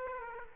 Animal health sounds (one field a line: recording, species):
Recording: mosquito wingbeat signal from an infrared sensor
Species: Aedes aegypti